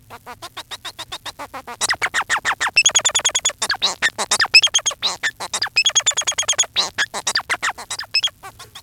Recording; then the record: song of a male Bengalese finch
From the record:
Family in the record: son of father 4